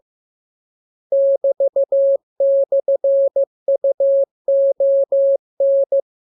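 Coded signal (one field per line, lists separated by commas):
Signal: Morse code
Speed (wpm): 15 wpm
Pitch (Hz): 550 Hz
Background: none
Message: <BT>/UON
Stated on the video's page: Morse lesson 27 with letters, numbers, punctuation and Q-code; radiogram opens with VVV and section sign "=", ends with AR.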